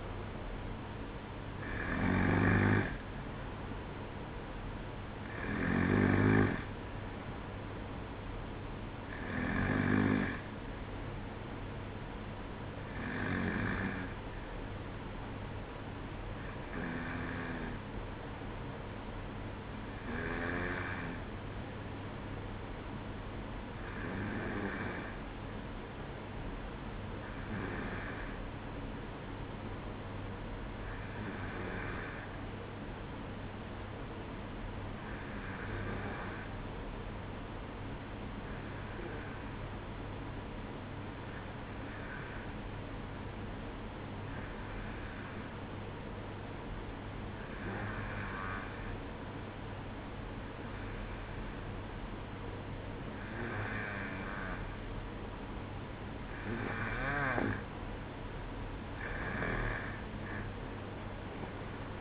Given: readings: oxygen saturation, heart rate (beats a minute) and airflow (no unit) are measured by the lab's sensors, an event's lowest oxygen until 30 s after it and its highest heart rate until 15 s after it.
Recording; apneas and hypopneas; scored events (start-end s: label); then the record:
breathing in sleep by a voice recorder at the bedside; 1
26.00-56.30 s: hypopnea (N2, oxygen 95% highest, then 92% lowest, heart rate 61 at the start, 67 highest)
From the record:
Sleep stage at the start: N2 (light sleep); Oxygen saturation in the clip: 91 to 95%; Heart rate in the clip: 59 to 67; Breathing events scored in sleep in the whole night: 305 in 9.6 hours asleep